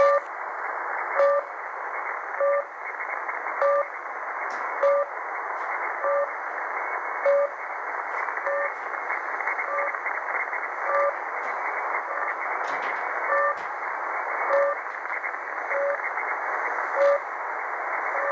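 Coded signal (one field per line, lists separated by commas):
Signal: channel marker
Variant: The Droplet (Капля)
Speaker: Дневная частота 5448. Это у нас Капля.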